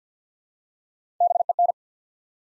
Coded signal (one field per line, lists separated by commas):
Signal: Morse code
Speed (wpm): 48 wpm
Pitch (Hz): 700 Hz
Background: none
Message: BEN